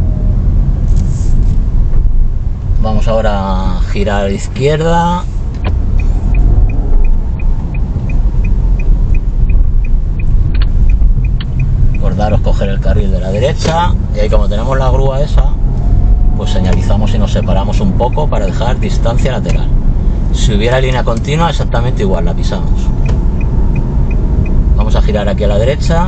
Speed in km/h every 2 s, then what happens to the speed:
16, 9, 4, 9, 17, 15, 16, 18, 24, 27, 28, 28, 31.
0-3 brakes to 4. 5-7 speeds up to 17. 11-26 speeds up to 31.